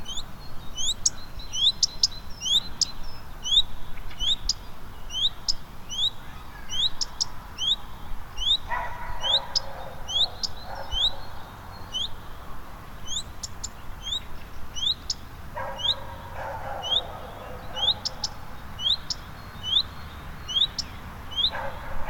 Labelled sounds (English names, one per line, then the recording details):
Common Redstart
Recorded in the wild
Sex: male
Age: adult
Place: Bernau bei Berlin, Barnim, Brandenburg, DE
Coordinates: 52.6615, 13.6405
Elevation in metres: 89
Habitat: orchard
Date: 2018-04-22 19:18
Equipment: Olympus DM 720
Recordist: Frommolt, Karl-Heinz
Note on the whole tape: Gesang eines Gartenrotschwanzes. Entfernung 6-7 m. Tier gesehen